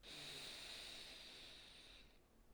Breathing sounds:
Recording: one breath near a microphone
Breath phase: inhalation

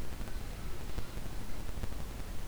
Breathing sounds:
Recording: one breath near a microphone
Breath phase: inhalation

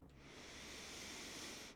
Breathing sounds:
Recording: one breath near a microphone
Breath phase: inhalation

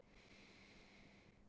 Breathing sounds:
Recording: one breath near a microphone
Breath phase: inhalation

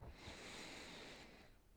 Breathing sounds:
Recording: one breath near a microphone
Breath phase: inhalation

